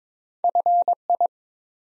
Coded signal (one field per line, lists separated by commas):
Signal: Morse code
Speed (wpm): 23 wpm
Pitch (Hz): 700 Hz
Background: none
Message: FI